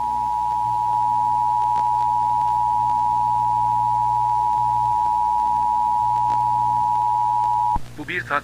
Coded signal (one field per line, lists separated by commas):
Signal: Emergency Alert System (SAME) tones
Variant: 853 and 960 Hz attention tone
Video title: Salgın Mutasyona Uğradı |EAS Senaryosu|Acil durum uyarısı|